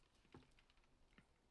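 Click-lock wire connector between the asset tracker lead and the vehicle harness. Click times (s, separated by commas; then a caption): 1.2 s. A weatherproof plastic click-lock connector joining an asset tracker lead to the vehicle wiring harness is pulled apart by hand under a vehicle's dash. Faint handling taps and rustles lead to a short, faint snap at 1.2 s, and the connector comes apart, releasing the asset tracker.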